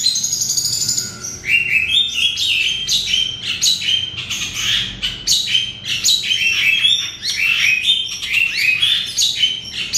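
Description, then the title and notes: Oriental magpie-robin pouring out a continuous, varied warble of high whistles and scratchy notes, almost without pause. "Kicau Kacer. manukmanukan"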